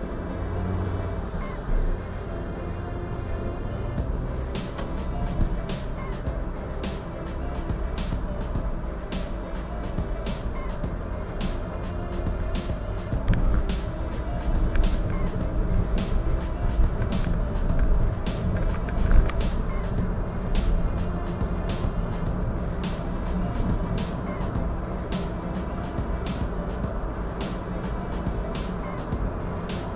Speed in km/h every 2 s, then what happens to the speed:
41, 47, 54, 55, 57, 58, 59, 59, 59, 60, 62, 64, 65, 69, 70.
0-4 speeds up to 54. 4-19 steady at about 58. 19-30 speeds up to 70.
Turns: none.